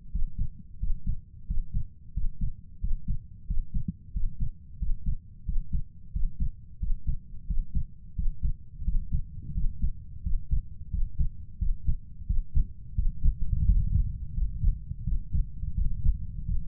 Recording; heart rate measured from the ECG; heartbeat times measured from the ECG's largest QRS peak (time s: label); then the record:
heart sounds by stethoscope; 88 bpm
0.13 s: heartbeat
0.81 s: heartbeat
1.49 s: heartbeat
2.15 s: heartbeat
2.82 s: heartbeat
3.48 s: heartbeat
4.15 s: heartbeat
4.80 s: heartbeat
5.47 s: heartbeat
6.14 s: heartbeat
6.81 s: heartbeat
7.49 s: heartbeat
8.17 s: heartbeat
8.86 s: heartbeat
9.56 s: heartbeat
10.25 s: heartbeat
10.92 s: heartbeat
11.60 s: heartbeat
12.28 s: heartbeat
12.97 s: heartbeat
13.67 s: heartbeat
14.36 s: heartbeat
15.06 s: heartbeat
15.77 s: heartbeat
16.48 s: heartbeat
From the record:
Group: healthy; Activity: breath hold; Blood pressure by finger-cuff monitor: 132/77 mmHg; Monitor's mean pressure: 90 mmHg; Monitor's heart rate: 89 bpm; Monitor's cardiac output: 6.9 L/min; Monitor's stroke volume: 77 mL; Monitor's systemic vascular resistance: 980 dyn s/cm5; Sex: male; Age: 21 years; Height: 175 cm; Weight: 72.6 kg